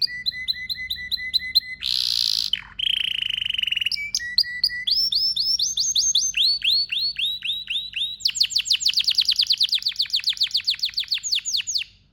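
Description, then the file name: Canary song of steady repeated notes, a harsh rasping burst, then varied rolls and long series of quick descending sweeps at high pitch. "طائر الكناري (اشهر طيور بصوت عذب)"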